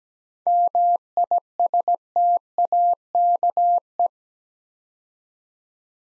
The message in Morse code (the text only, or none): MISTAKE